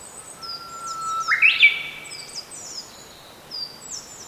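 Japanese bush warbler song: a long, steady low whistle that jumps abruptly to a higher, quick flourish, with thin high chirps from other birds around it.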